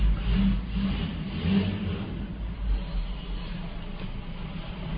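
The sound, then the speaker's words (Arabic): Several car engines rev and roar together outside in overlapping surges, a loud low rumble rising and falling with bursts of acceleration, no voices present. “ايش فيه هنا في حرب سيارات، مظاهرة هذه مظاهرة سيارات، ورشة هذا يتقي الله.”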